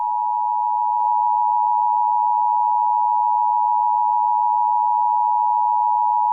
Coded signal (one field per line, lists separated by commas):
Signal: Emergency Alert System (SAME) tones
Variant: 853 and 960 Hz attention tone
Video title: EAS Scenario Short #38: The Labor Day Massacre